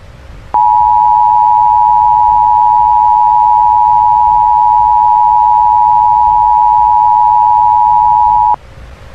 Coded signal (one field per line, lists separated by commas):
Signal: Emergency Alert System (SAME) tones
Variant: 853 and 960 Hz attention tone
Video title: EAS Scenario Cartooned to life p1 [unfinished]